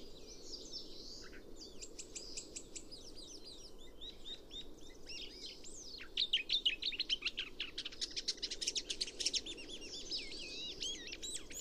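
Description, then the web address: Chestnut-cheeked starling chatter, soft at first, then a busier run of sharp high chirps and squeaky slurred notes in the second half. "komukudori"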